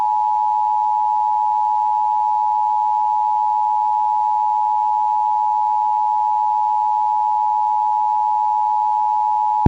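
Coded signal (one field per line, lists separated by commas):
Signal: Emergency Alert System (SAME) tones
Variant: 853 and 960 Hz attention tone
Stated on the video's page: Fictional scenario using valid tones, made for entertainment.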